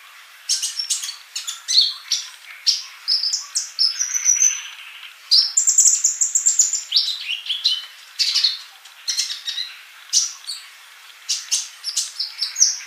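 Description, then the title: Bird song, a dense, lively stream of high chirps, trills and sharp whistled notes with only brief pauses. "Kicau Burung"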